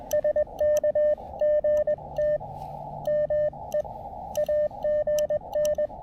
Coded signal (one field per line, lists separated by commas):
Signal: Morse code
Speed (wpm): 21 wpm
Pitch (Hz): 600 Hz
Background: radio noise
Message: SK GT ME AGN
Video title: Back in the Saddle Again! My first POTA activation in weeks!